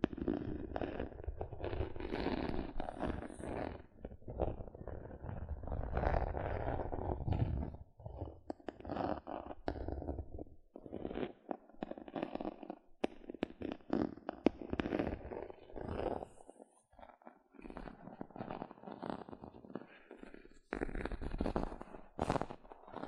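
Gentle scratching comes in uneven bursts, soft and low with a papery rasp over the top. Strokes run dense for the first eight seconds, then break into shorter scrapes separated by brief silences, with a brighter, sharper stretch near the end.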